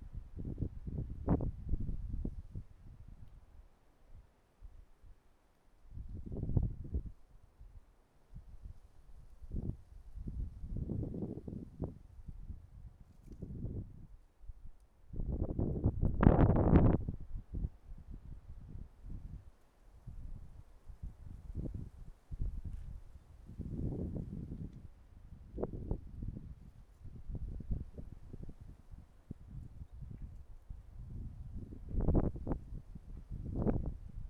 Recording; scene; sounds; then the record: everyday scene through a hearing-aid microphone; wind on the microphone; wind, traffic, birds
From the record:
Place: suburban garden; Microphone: behind the ear, right, rear